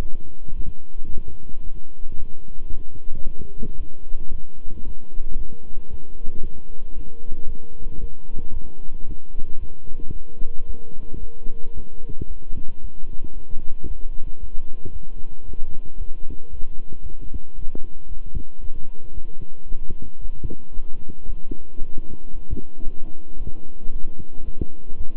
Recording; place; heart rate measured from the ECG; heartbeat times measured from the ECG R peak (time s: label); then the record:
heart sounds by stethoscope; between the tricuspid and mitral areas; 113 bpm
0.54 s: heartbeat
1.08 s: heartbeat
1.62 s: heartbeat
2.15 s: heartbeat
2.69 s: heartbeat
3.22 s: heartbeat
3.76 s: heartbeat
4.29 s: heartbeat
4.83 s: heartbeat
5.36 s: heartbeat
5.89 s: heartbeat
6.41 s: heartbeat
6.93 s: heartbeat
7.46 s: heartbeat
7.99 s: heartbeat
8.51 s: heartbeat
9.04 s: heartbeat
9.57 s: heartbeat
10.11 s: heartbeat
10.65 s: heartbeat
11.18 s: heartbeat
11.72 s: heartbeat
12.26 s: heartbeat
12.79 s: heartbeat
13.33 s: heartbeat
13.86 s: heartbeat
14.38 s: heartbeat
14.91 s: heartbeat
15.44 s: heartbeat
15.96 s: heartbeat
16.49 s: heartbeat
17.01 s: heartbeat
17.54 s: heartbeat
18.07 s: heartbeat
18.59 s: heartbeat
19.12 s: heartbeat
19.66 s: heartbeat
20.19 s: heartbeat
20.72 s: heartbeat
21.25 s: heartbeat
21.78 s: heartbeat
22.31 s: heartbeat
22.84 s: heartbeat
23.37 s: heartbeat
23.90 s: heartbeat
24.43 s: heartbeat
24.95 s: heartbeat
From the record:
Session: walking at 3.7 km/h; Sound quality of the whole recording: good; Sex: male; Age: 26 years